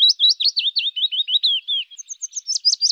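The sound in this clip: Willow warbler singing a descending run of slurred whistled notes, each dipping then rising, ending in a slightly higher flourish.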